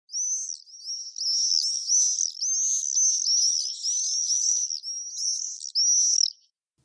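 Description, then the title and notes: Common Swift screaming calls, a run of shrill, buzzy, very high-pitched screams repeated almost without pause for about six seconds. Icy, shrill 'wiiiiiiiizzzzzzz' call heard above houses on warm spring and summer days; birds seen flashing fast through the sky. "Op warme lente- en zomerdagen hoor je hun ijzige en snerpende roep ‘wiiiiiiiizzzzzzz’ boven de huizen. Notenkrakers - Aflevering 28 gierzwaluw"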